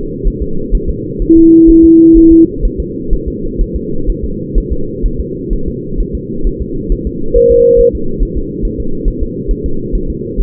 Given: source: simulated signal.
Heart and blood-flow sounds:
fetal heart sounds
0.28 s: S1
0.42 s: S2
0.75 s: S1
0.89 s: S2
1.22 s: S1
1.37 s: S2
1.70 s: S1
1.84 s: S2
2.17 s: S1
2.32 s: S2
2.65 s: S1
2.80 s: S2
3.13 s: S1
3.28 s: S2
3.61 s: S1
3.76 s: S2
4.09 s: S1
4.24 s: S2
4.58 s: S1
4.72 s: S2
5.06 s: S1
5.20 s: S2
5.53 s: S1
5.68 s: S2
6.00 s: S1
6.15 s: S2
6.47 s: S1
6.62 s: S2
6.92 s: S1
7.07 s: S2
7.36 s: S1
7.51 s: S2
7.80 s: S1
7.95 s: S2
8.23 s: S1
8.37 s: S2
8.65 s: S1
8.80 s: S2
9.08 s: S1
9.23 s: S2
9.51 s: S1
9.66 s: S2
9.95 s: S1
10.10 s: S2
10.40 s: S1
From the record:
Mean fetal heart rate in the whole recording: 130 bpm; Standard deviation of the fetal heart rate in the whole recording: 4 bpm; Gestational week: 38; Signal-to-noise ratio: -8.1 dB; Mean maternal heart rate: 72 bpm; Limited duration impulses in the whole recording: present

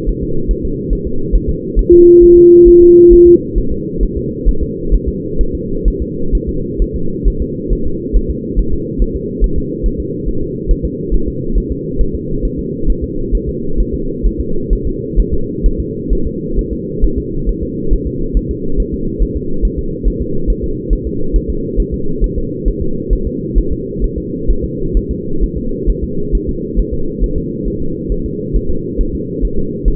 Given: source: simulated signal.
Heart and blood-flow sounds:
fetal heart sounds
0.09 s: S1
0.23 s: S2
0.51 s: S1
0.65 s: S2
0.93 s: S1
1.07 s: S2
1.36 s: S1
1.50 s: S2
1.79 s: S1
1.93 s: S2
2.23 s: S1
2.37 s: S2
2.68 s: S1
2.82 s: S2
3.13 s: S1
3.27 s: S2
3.58 s: S1
3.72 s: S2
4.03 s: S1
4.17 s: S2
4.49 s: S1
4.63 s: S2
4.94 s: S1
5.09 s: S2
5.41 s: S1
5.55 s: S2
5.88 s: S1
6.02 s: S2
6.35 s: S1
6.49 s: S2
6.82 s: S1
6.96 s: S2
7.28 s: S1
7.42 s: S2
7.73 s: S1
7.87 s: S2
8.16 s: S1
8.31 s: S2
8.59 s: S1
8.73 s: S2
9.02 s: S1
9.16 s: S2
9.44 s: S1
9.58 s: S2
9.86 s: S1
10.00 s: S2
10.29 s: S1
10.43 s: S2
10.71 s: S1
10.85 s: S2
11.14 s: S1
11.28 s: S2
11.58 s: S1
11.72 s: S2
12.01 s: S1
12.15 s: S2
12.45 s: S1
12.59 s: S2
12.90 s: S1
13.04 s: S2
13.35 s: S1
13.49 s: S2
13.80 s: S1
13.94 s: S2
14.27 s: S1
14.41 s: S2
14.73 s: S1
14.87 s: S2
15.20 s: S1
15.34 s: S2
15.66 s: S1
15.80 s: S2
16.13 s: S1
16.27 s: S2
16.59 s: S1
16.73 s: S2
17.04 s: S1
17.18 s: S2
17.49 s: S1
17.63 s: S2
17.93 s: S1
18.07 s: S2
18.37 s: S1
18.51 s: S2
18.80 s: S1
18.94 s: S2
19.23 s: S1
19.37 s: S2
19.65 s: S1
19.79 s: S2
20.08 s: S1
20.22 s: S2
20.50 s: S1
20.64 s: S2
20.93 s: S1
21.07 s: S2
21.36 s: S1
21.50 s: S2
21.80 s: S1
21.94 s: S2
22.24 s: S1
22.38 s: S2
22.68 s: S1
22.82 s: S2
23.13 s: S1
23.27 s: S2
23.58 s: S1
23.72 s: S2
24.04 s: S1
24.18 s: S2
24.50 s: S1
24.64 s: S2
24.97 s: S1
25.11 s: S2
25.44 s: S1
25.58 s: S2
25.90 s: S1
26.04 s: S2
26.35 s: S1
26.49 s: S2
26.80 s: S1
26.94 s: S2
27.24 s: S1
27.38 s: S2
27.68 s: S1
27.82 s: S2
28.12 s: S1
28.26 s: S2
28.56 s: S1
28.70 s: S2
29.01 s: S1
29.15 s: S2
29.45 s: S1
29.59 s: S2
29.88 s: S1
From the record:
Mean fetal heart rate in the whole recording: 135 bpm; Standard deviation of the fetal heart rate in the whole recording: 3 bpm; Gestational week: 36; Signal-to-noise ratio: -8.1 dB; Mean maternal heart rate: 72 bpm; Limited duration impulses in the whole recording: present

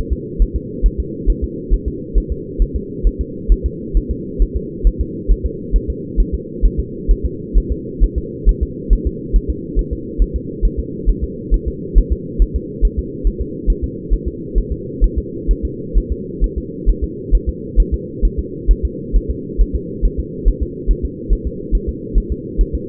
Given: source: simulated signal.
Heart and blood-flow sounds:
fetal heart sounds
0.12 s: S2
0.42 s: S1
0.56 s: S2
0.86 s: S1
1.00 s: S2
1.30 s: S1
1.44 s: S2
1.74 s: S1
1.88 s: S2
2.18 s: S1
2.32 s: S2
2.62 s: S1
2.76 s: S2
3.07 s: S1
3.21 s: S2
3.52 s: S1
3.66 s: S2
3.97 s: S1
4.11 s: S2
4.42 s: S1
4.56 s: S2
4.87 s: S1
5.01 s: S2
5.31 s: S1
5.46 s: S2
5.76 s: S1
5.90 s: S2
6.20 s: S1
6.34 s: S2
6.65 s: S1
6.80 s: S2
7.11 s: S1
7.25 s: S2
7.58 s: S1
7.72 s: S2
8.04 s: S1
8.18 s: S2
8.49 s: S1
8.63 s: S2
8.93 s: S1
9.07 s: S2
9.36 s: S1
9.50 s: S2
9.79 s: S1
9.93 s: S2
10.22 s: S1
10.36 s: S2
10.65 s: S1
10.79 s: S2
11.09 s: S1
11.24 s: S2
11.54 s: S1
11.68 s: S2
11.98 s: S1
12.12 s: S2
12.42 s: S1
12.56 s: S2
12.85 s: S1
12.99 s: S2
13.27 s: S1
13.41 s: S2
13.70 s: S1
13.84 s: S2
14.14 s: S1
14.28 s: S2
14.58 s: S1
14.72 s: S2
15.04 s: S1
15.18 s: S2
15.51 s: S1
15.65 s: S2
15.98 s: S1
16.12 s: S2
16.44 s: S1
16.58 s: S2
16.90 s: S1
17.04 s: S2
17.35 s: S1
17.49 s: S2
17.80 s: S1
17.94 s: S2
18.25 s: S1
18.39 s: S2
18.71 s: S1
18.85 s: S2
19.16 s: S1
19.30 s: S2
19.61 s: S1
19.76 s: S2
20.05 s: S1
20.20 s: S2
20.48 s: S1
20.63 s: S2
20.91 s: S1
21.05 s: S2
21.33 s: S1
21.47 s: S2
21.75 s: S1
21.89 s: S2
22.18 s: S1
22.32 s: S2
22.61 s: S1
22.75 s: S2
From the record:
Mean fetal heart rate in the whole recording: 135 bpm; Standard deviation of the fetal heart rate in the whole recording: 3 bpm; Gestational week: 36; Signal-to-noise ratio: -4.1 dB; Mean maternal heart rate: no maternal heart sound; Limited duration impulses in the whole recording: absent

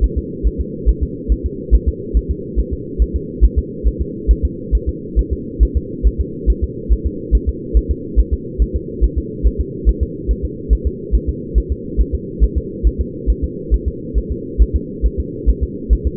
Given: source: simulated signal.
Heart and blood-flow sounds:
fetal heart sounds
0.04 s: S1
0.18 s: S2
0.47 s: S1
0.61 s: S2
0.89 s: S1
1.03 s: S2
1.32 s: S1
1.46 s: S2
1.75 s: S1
1.89 s: S2
2.17 s: S1
2.31 s: S2
2.59 s: S1
2.73 s: S2
3.02 s: S1
3.16 s: S2
3.44 s: S1
3.58 s: S2
3.88 s: S1
4.01 s: S2
4.31 s: S1
4.45 s: S2
4.75 s: S1
4.89 s: S2
5.19 s: S1
5.33 s: S2
5.63 s: S1
5.77 s: S2
6.07 s: S1
6.21 s: S2
6.50 s: S1
6.64 s: S2
6.92 s: S1
7.06 s: S2
7.35 s: S1
7.49 s: S2
7.77 s: S1
7.91 s: S2
8.20 s: S1
8.33 s: S2
8.62 s: S1
8.76 s: S2
9.04 s: S1
9.18 s: S2
9.46 s: S1
9.61 s: S2
9.89 s: S1
10.03 s: S2
10.31 s: S1
10.45 s: S2
10.73 s: S1
10.87 s: S2
11.15 s: S1
11.29 s: S2
11.58 s: S1
11.72 s: S2
12.01 s: S1
12.15 s: S2
12.44 s: S1
12.58 s: S2
12.87 s: S1
13.01 s: S2
13.30 s: S1
13.44 s: S2
13.74 s: S1
13.88 s: S2
14.18 s: S1
14.32 s: S2
14.62 s: S1
14.76 s: S2
15.06 s: S1
15.20 s: S2
15.49 s: S1
15.63 s: S2
15.93 s: S1
16.07 s: S2
From the record:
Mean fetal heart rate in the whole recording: 140 bpm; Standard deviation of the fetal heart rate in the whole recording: 2 bpm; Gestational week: 34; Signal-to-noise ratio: -4.1 dB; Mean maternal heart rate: no maternal heart sound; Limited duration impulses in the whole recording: absent

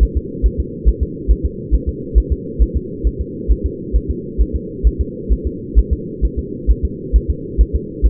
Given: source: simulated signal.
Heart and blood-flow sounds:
fetal heart sounds
0.03 s: S1
0.17 s: S2
0.46 s: S1
0.60 s: S2
0.88 s: S1
1.03 s: S2
1.31 s: S1
1.45 s: S2
1.74 s: S1
1.89 s: S2
2.18 s: S1
2.32 s: S2
2.62 s: S1
2.76 s: S2
3.07 s: S1
3.21 s: S2
3.51 s: S1
3.66 s: S2
3.96 s: S1
4.10 s: S2
4.41 s: S1
4.56 s: S2
4.87 s: S1
5.01 s: S2
5.32 s: S1
5.47 s: S2
5.78 s: S1
5.93 s: S2
6.25 s: S1
6.39 s: S2
6.70 s: S1
6.85 s: S2
7.16 s: S1
7.30 s: S2
7.61 s: S1
7.75 s: S2
8.06 s: S1
From the record:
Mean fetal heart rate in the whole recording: 135 bpm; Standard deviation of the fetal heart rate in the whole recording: 3 bpm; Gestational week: 34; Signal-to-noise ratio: -4.1 dB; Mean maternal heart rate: no maternal heart sound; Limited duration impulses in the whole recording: absent

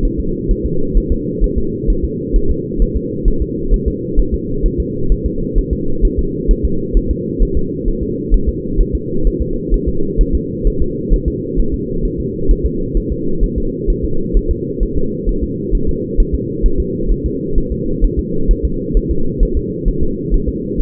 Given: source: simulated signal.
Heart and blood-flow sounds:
fetal heart sounds
0.05 s: S1
0.20 s: S2
0.51 s: S1
0.66 s: S2
0.97 s: S1
1.12 s: S2
1.44 s: S1
1.58 s: S2
1.90 s: S1
2.04 s: S2
2.36 s: S1
2.51 s: S2
2.82 s: S1
2.97 s: S2
3.28 s: S1
3.42 s: S2
3.74 s: S1
3.88 s: S2
4.19 s: S1
4.34 s: S2
4.66 s: S1
4.80 s: S2
5.12 s: S1
5.26 s: S2
5.58 s: S1
5.73 s: S2
6.05 s: S1
6.19 s: S2
6.51 s: S1
6.65 s: S2
6.97 s: S1
7.11 s: S2
7.43 s: S1
7.57 s: S2
7.88 s: S1
8.03 s: S2
8.34 s: S1
8.49 s: S2
8.81 s: S1
8.95 s: S2
9.27 s: S1
9.42 s: S2
9.74 s: S1
9.88 s: S2
10.21 s: S1
10.35 s: S2
10.67 s: S1
10.82 s: S2
11.14 s: S1
11.28 s: S2
11.59 s: S1
11.74 s: S2
12.05 s: S1
12.20 s: S2
12.51 s: S1
12.66 s: S2
12.97 s: S1
13.12 s: S2
13.44 s: S1
13.58 s: S2
13.90 s: S1
14.04 s: S2
14.37 s: S1
14.51 s: S2
14.83 s: S1
14.97 s: S2
15.29 s: S1
15.43 s: S2
15.75 s: S1
15.89 s: S2
16.20 s: S1
16.35 s: S2
16.66 s: S1
16.80 s: S2
17.12 s: S1
17.26 s: S2
17.58 s: S1
17.72 s: S2
18.04 s: S1
18.19 s: S2
18.51 s: S1
18.65 s: S2
18.97 s: S1
19.11 s: S2
19.43 s: S1
19.57 s: S2
19.88 s: S1
20.03 s: S2
20.34 s: S1
20.49 s: S2
20.80 s: S1
From the record:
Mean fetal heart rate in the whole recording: 130 bpm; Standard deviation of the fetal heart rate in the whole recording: 2 bpm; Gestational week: 38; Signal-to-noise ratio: -8.1 dB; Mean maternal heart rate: 72 bpm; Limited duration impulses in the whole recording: absent

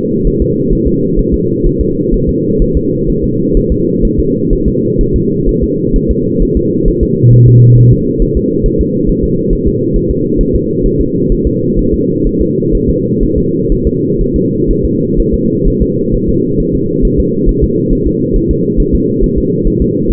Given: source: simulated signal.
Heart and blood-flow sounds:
fetal heart sounds
0.27 s: S1
0.42 s: S2
0.73 s: S1
0.87 s: S2
1.19 s: S1
1.34 s: S2
1.67 s: S1
1.81 s: S2
2.14 s: S1
2.29 s: S2
2.62 s: S1
2.77 s: S2
3.09 s: S1
3.24 s: S2
3.57 s: S1
3.72 s: S2
4.05 s: S1
4.20 s: S2
4.53 s: S1
4.68 s: S2
5.01 s: S1
5.16 s: S2
5.49 s: S1
5.63 s: S2
5.96 s: S1
6.11 s: S2
6.43 s: S1
6.57 s: S2
6.88 s: S1
7.03 s: S2
7.33 s: S1
7.48 s: S2
7.78 s: S1
7.93 s: S2
8.22 s: S1
8.37 s: S2
8.66 s: S1
8.81 s: S2
9.09 s: S1
9.24 s: S2
9.53 s: S1
9.68 s: S2
9.96 s: S1
10.11 s: S2
10.41 s: S1
10.56 s: S2
10.86 s: S1
11.01 s: S2
11.32 s: S1
11.47 s: S2
11.79 s: S1
11.94 s: S2
12.27 s: S1
12.42 s: S2
12.75 s: S1
12.89 s: S2
13.23 s: S1
13.38 s: S2
13.72 s: S1
13.87 s: S2
14.21 s: S1
14.36 s: S2
14.71 s: S1
14.85 s: S2
15.20 s: S1
15.34 s: S2
15.68 s: S1
15.82 s: S2
16.15 s: S1
16.29 s: S2
16.60 s: S1
16.75 s: S2
17.05 s: S1
17.20 s: S2
17.49 s: S1
17.64 s: S2
17.93 s: S1
18.07 s: S2
18.36 s: S1
18.51 s: S2
18.80 s: S1
18.95 s: S2
19.24 s: S1
19.38 s: S2
19.67 s: S1
19.82 s: S2
20.11 s: S1
From the record:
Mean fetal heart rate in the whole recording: 130 bpm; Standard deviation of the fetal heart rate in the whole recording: 4 bpm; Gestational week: 38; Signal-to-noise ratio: -11.2 dB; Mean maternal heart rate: 72 bpm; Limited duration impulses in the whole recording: present

